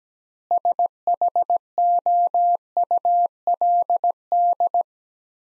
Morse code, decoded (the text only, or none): SHOULD